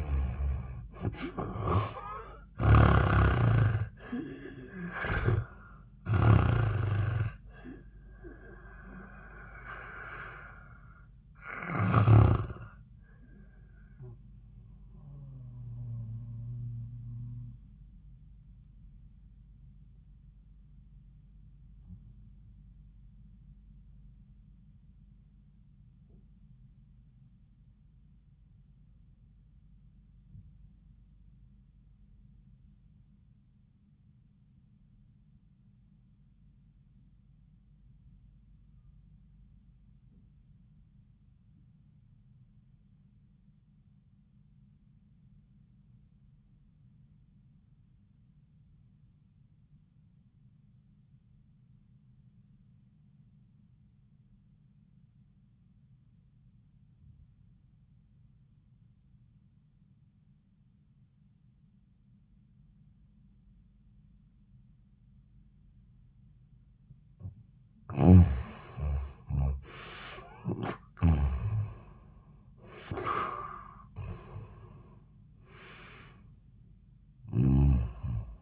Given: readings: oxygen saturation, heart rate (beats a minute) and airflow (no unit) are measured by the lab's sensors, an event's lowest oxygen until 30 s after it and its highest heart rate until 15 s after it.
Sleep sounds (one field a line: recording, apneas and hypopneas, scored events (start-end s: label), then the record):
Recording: breathing in sleep by a smartphone at the bedside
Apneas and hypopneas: 1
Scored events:
25.00-67.00 s: obstructive apnea (REM, oxygen 97% highest, then 64% lowest, heart rate 86 at the start, 88 highest)
From the record:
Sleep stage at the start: REM sleep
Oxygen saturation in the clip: 68 to 97%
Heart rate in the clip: 55 to 91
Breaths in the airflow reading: 6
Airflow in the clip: -17.4 to 15.1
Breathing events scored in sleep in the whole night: 400 in 8.7 hours asleep